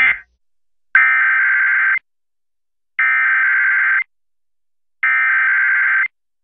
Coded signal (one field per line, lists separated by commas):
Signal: Emergency Alert System (SAME) tones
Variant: header bursts